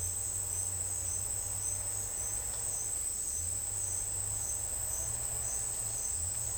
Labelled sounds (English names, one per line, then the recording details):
none
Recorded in dense forest near Puerto Asís, Putumayo, Colombia, on 26 December 2024 at 08:30
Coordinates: 0.485, -76.318
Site GP03